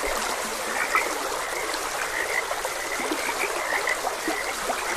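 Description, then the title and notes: Frog chorus, dense chirping croaks backed by rushing water. Frogs croaking beside a gentle stream. "Gentle Stream and Frogs Croaking. Sleep and Relaxation Podcast"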